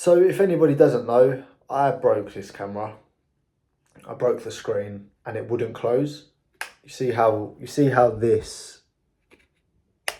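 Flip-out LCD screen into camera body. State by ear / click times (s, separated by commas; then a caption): seated / 10.1 s. Someone talks about a camera whose broken flip-out LCD screen would not close and kept bouncing back out, so it was sent back for a new one. They then close the flip-out screen of the new camera, and it snaps flush into the camera body with a single sharp click at 10.1 s.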